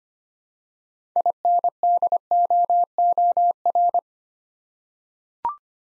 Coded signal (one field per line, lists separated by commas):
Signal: Morse code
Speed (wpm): 25 wpm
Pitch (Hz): 700 Hz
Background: none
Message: INDOOR